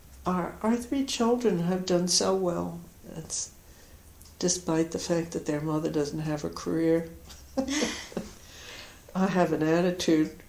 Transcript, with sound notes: Our three children have done so well, despite the fact that their mother doesn't have a career. [Laughs] I have an attitude.